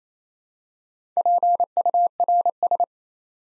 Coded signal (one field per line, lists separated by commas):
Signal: Morse code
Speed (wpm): 28 wpm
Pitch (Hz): 700 Hz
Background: none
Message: PURS